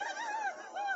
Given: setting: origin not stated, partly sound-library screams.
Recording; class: one-second piece from a danger detection set; woman in danger